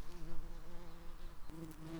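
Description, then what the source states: Red-tailed bumblebee buzzing: a steady low hum with stacked harmonic bands, slightly wavering in pitch, continuing throughout the two seconds. Workers.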